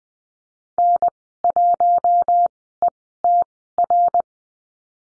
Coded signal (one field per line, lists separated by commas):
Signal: Morse code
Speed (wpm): 20 wpm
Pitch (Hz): 700 Hz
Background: none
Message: N1ETR